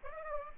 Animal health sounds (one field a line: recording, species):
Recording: mosquito wingbeat signal from an infrared sensor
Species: Aedes aegypti